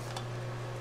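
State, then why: Seated. The second memory module is pushed down into its RAM slot in a MacBook Pro 2.53 Intel Core 2 Duo laptop until the latches catch, as part of an upgrade from 4 GB to 8 GB of RAM. A single short, faint tick-like click sounds at 0.2 s over a steady low hum. The module is seated.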